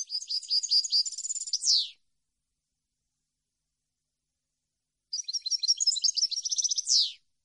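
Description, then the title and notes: European goldfinch song in two twittering phrases of rapid tinkling notes, each closing with a buzzy downward slur, with a three-second silence between. Clean goldfinch song for copying, used for song training. "Cd Jilguero. Cd de canto de jilguero limpio para copia"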